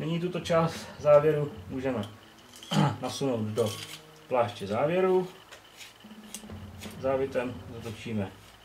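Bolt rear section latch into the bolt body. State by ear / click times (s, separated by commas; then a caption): not seated / none. Someone talks while the rear section of the bolt of a La Coruna FR-8 Spanish Mauser is slid into the bolt body and about to be screwed on by its thread to the stop, until the latch catches. Faint handling sounds and a brief sharp sound at about 6.3 s are heard under the talk. The clip ends before the part goes home, so nothing has seated or clicked yet.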